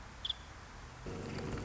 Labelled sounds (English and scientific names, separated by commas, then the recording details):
Nuttall's Woodpecker (Dryobates nuttallii)
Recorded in Sonoma County, California